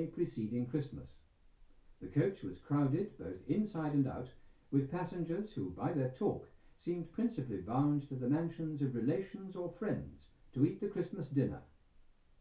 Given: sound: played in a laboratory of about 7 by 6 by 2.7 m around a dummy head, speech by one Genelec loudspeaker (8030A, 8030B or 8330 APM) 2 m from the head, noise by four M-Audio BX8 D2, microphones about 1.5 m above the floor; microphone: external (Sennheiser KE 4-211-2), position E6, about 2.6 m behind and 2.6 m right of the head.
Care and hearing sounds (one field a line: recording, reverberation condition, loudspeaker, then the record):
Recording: male speech in English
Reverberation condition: low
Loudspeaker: 120 degrees to the right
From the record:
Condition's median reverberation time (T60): about 310 ms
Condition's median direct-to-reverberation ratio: about 3.5 dB